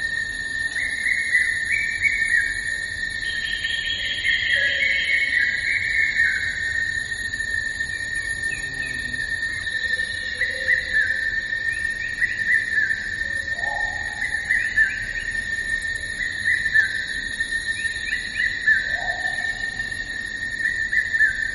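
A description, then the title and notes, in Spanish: A night jungle fills the air with a dense, unbroken chorus of insects and crickets, a steady bright trill running throughout with higher whining layers above. Short calls, possibly birds or frogs, pop out now and then. Una hermosa jungla nocturna.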